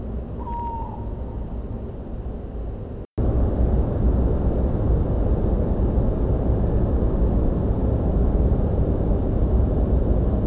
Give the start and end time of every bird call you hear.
0.39s-0.85s: Tawny Owl (0.8-1.2 kHz)
0.50s-0.55s: Ortolan Bunting (4.5-5.2 kHz)
5.59s-5.66s: Ortolan Bunting (4.2-5.3 kHz)

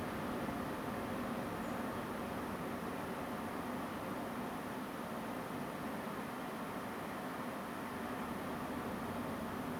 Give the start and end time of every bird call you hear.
1.63s-1.73s: European Robin (6.7-7.9 kHz)

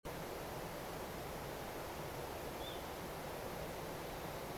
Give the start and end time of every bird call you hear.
2.60s-2.75s: Little Ringed Plover (2.9-3.9 kHz)

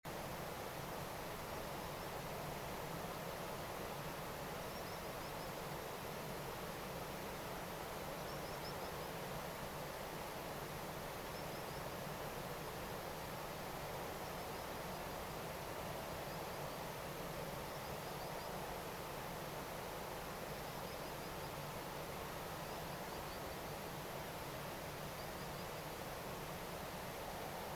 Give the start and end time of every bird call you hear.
1.80s-2.07s: Common Sandpiper (4.7-5.8 kHz)
4.69s-5.46s: Common Sandpiper (4.4-5.9 kHz)
8.15s-9.08s: Common Sandpiper (4.6-6.3 kHz)
11.33s-11.80s: Common Sandpiper (4.6-5.8 kHz)
14.24s-15.33s: Common Sandpiper (4.6-5.7 kHz)
16.10s-16.78s: Common Sandpiper (4.3-5.3 kHz)
17.66s-18.49s: Common Sandpiper (4.4-5.7 kHz)
20.66s-21.48s: Common Sandpiper (4.4-5.6 kHz)
22.66s-23.74s: Common Sandpiper (4.1-5.4 kHz)
25.19s-25.98s: Common Sandpiper (4.2-5.3 kHz)

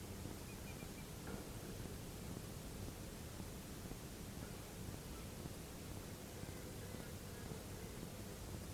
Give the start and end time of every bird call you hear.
0.47s-1.04s: Eurasian Whimbrel (2.2-2.6 kHz)

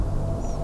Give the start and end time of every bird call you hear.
0.41s-0.56s: European Pied Flycatcher (5.1-7.7 kHz)

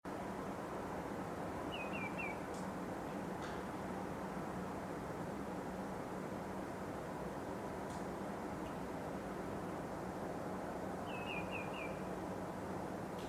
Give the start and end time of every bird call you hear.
1.70s-2.38s: Common Greenshank (2.0-3.1 kHz)
11.05s-11.88s: Common Greenshank (2.1-3.2 kHz)

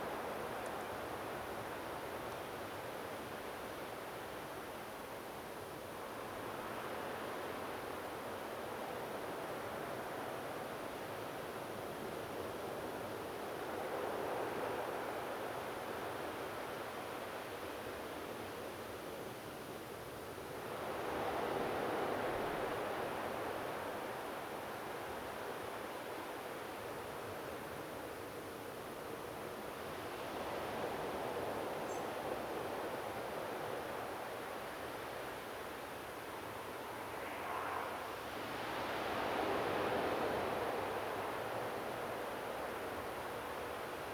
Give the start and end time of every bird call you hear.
31.88s-32.00s: European Robin (6.0-8.0 kHz)

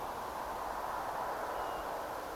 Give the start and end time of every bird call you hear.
1.56s-1.84s: European Golden Plover (2.7-3.1 kHz)

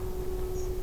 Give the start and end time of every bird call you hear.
0.54s-0.70s: European Pied Flycatcher (5.2-7.3 kHz)

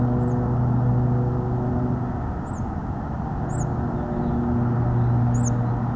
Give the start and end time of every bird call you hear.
0.19s-0.35s: Hawfinch (5.9-8.9 kHz)
2.44s-2.60s: Hawfinch (5.8-8.8 kHz)
3.48s-3.64s: Hawfinch (5.7-8.9 kHz)
5.34s-5.50s: Hawfinch (5.5-9.0 kHz)

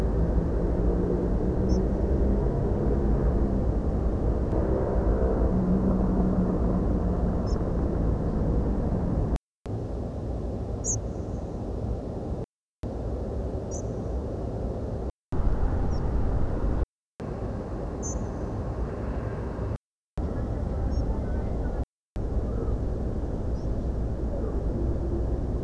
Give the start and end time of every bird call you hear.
1.69s-1.78s: Spotted Flycatcher (4.7-7.1 kHz)
7.46s-7.55s: Spotted Flycatcher (4.7-7.8 kHz)
10.84s-10.95s: Spotted Flycatcher (4.7-9.9 kHz)
13.71s-13.80s: Spotted Flycatcher (4.4-8.4 kHz)
15.91s-15.99s: Spotted Flycatcher (4.2-7.2 kHz)
18.02s-18.14s: Spotted Flycatcher (5.3-8.1 kHz)
20.91s-21.01s: Spotted Flycatcher (4.9-6.8 kHz)
23.54s-23.66s: Spotted Flycatcher (4.4-6.8 kHz)

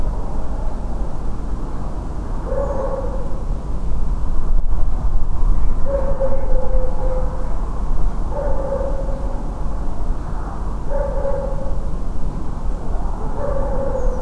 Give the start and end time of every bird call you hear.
2.62s-2.85s: Redwing (6.1-7.2 kHz)
13.96s-14.19s: Redwing (5.4-7.1 kHz)

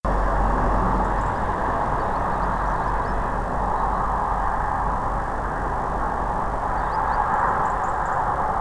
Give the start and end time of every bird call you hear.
1.02s-1.07s: European Robin (6.4-9.9 kHz)
1.16s-1.40s: Green Sandpiper (4.0-5.4 kHz)
1.99s-3.12s: Green Sandpiper (3.2-6.2 kHz)
6.75s-7.17s: Green Sandpiper (3.5-5.2 kHz)
7.29s-8.14s: European Robin (4.8-9.6 kHz)

